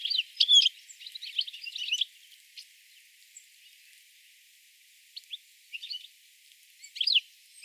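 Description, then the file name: European Goldfinch giving lively twittering calls, a dense burst of tinkling chirps at first, then sparse short notes and a final flurry. "Carduelis carduelis"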